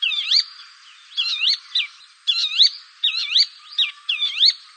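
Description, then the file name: Bronze sunbird singing quick, bright phrases of sliding and looping high notes, repeated roughly every second with brief gaps. "suara bronze sunbird"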